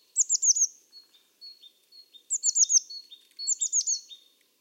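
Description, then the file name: Eurasian blue tit: bursts of about four rapid, very high downslurred notes, followed by softer thin piping notes, the pattern repeating three times. "Cyanistes caeruleus"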